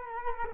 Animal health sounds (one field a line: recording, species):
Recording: mosquito wingbeat signal from an infrared sensor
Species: Culex quinquefasciatus